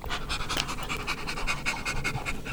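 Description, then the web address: Monkey panting calls: rapid breathy bursts, with thin squeaky tones laced through the rhythm for the whole stretch. Labelled as water monkeys. "E-MU Producer Series Vol 3 – Hollywood Sound Effects Water Monkeys MONKEY"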